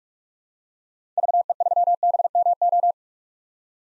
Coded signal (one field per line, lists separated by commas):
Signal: Morse code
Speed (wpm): 46 wpm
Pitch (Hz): 700 Hz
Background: none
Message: VE3BMO